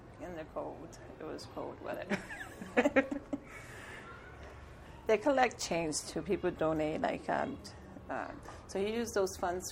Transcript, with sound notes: In the cold—it was cold weather [laughter] They collect change too. People donate—he used those funds,